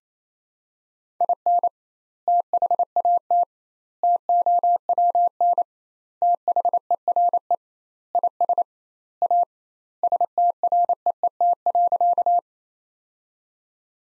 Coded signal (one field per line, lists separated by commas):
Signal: Morse code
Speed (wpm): 28 wpm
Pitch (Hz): 700 Hz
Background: none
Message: IN THAT TOWN THERE IS A STREET.